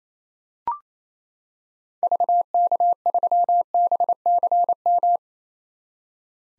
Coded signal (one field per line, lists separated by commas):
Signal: Morse code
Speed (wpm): 27 wpm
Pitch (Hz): 700 Hz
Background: none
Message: VK3BCM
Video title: 2023 SOTA Activator Call Signs - 28wpm